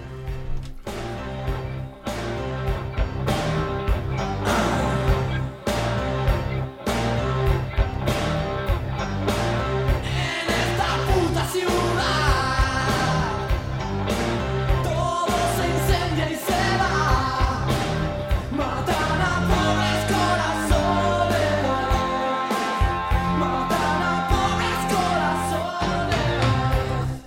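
A loud, dense rock song plays throughout, with pounding drums and distorted guitars driving a steady beat while a furious, strained voice screams over the full band.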